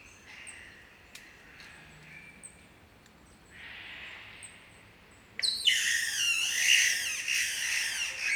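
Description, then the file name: Green catbird bursting into a loud, harsh, cat-like wail late, after soft high chirps from other birds. "Green Catbird Ailuroedus crassirostris"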